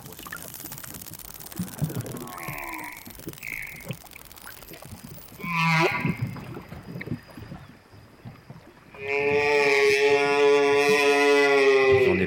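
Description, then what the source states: Humpback whale song: short whining and chirping units, a buzzy sweep midway, then a long loud harmonic moan with rich overtones, over crackling underwater noise. Underwater hydrophone recording from a ship, 33 °C; males sing in the breeding season; song ranging from very deep to high-pitched, sometimes bird-like.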